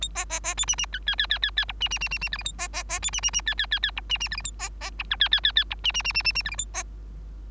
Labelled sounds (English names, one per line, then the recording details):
Bengalese Finch song
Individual Bird3